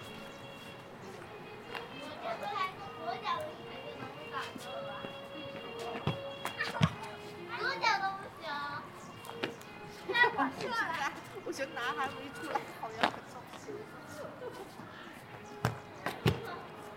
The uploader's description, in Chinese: 北京地坛